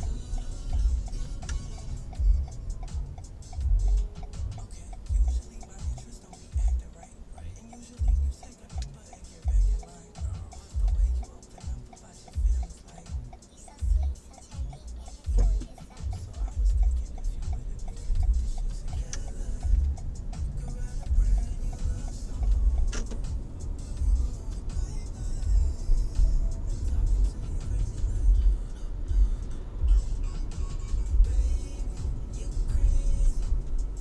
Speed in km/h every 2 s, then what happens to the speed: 16, 7, 0, 0, 0, 0, 0, 0, 14, 18, 21, 28, 35, 34, 36, 37, 37.
0-4 brakes to 0. 4-14 standing. 14-24 pulls away to 35. 24-34 steady at about 36.